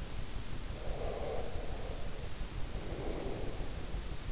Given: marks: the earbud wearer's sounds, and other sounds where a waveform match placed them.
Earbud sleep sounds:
sounds in sleep by an in-ear microphone; breath
0.79-3.73 s: breath

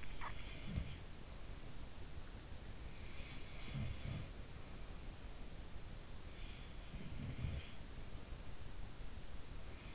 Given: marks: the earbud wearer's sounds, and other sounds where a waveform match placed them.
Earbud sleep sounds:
sounds in sleep by an in-ear microphone; swallowing
0.00-0.54 s: swallowing
0.43-1.34 s: sound from someone else or the room
3.47-4.59 s: sound from someone else or the room
6.85-7.76 s: sound from someone else or the room

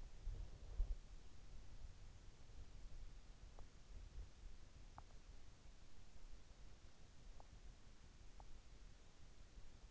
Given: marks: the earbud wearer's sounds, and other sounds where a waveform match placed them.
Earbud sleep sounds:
sounds in sleep by an in-ear microphone; body movement
0.00-4.74 s: body movement

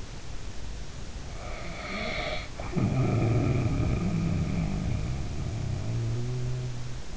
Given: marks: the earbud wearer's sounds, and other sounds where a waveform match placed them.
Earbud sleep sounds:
sounds in sleep by an in-ear microphone; snoring breath
1.68-7.17 s: snoring breath

